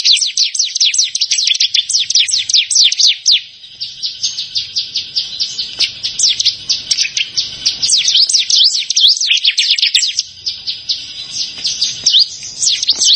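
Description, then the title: Bar-winged prinia singing a rapid, dense series of thin high chirps and quick slurred notes, briefly slowing twice before racing on again. "Ciblek Sawah"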